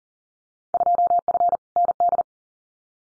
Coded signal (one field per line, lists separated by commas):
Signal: Morse code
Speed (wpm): 40 wpm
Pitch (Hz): 700 Hz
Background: none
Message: 2F ND